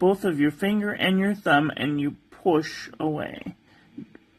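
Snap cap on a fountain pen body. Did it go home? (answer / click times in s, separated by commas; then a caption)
released / 4.2 s. Someone talks while pushing the snap-on cap of a Pilot Metropolitan fountain pen away from the pen body with thumb and finger. The cap releases with a small, sharp click at 4.2 seconds, just past its detent, and comes off.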